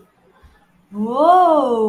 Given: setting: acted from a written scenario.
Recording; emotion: vocal sound without words; contempt